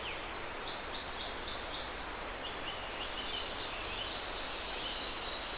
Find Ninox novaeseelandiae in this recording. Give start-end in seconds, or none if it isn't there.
none